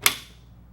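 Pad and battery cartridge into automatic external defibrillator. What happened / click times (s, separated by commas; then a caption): The plastic cartridge clicked into place / 0.1 s. A new Pad-Pak pad-and-battery cartridge, laid on a table and lined up with a HeartSine Samaritan automatic external defibrillator (AED), is slid in. A single sharp, bright click sounds at 0.1 s and quickly fades to quiet. The cartridge is seated in place.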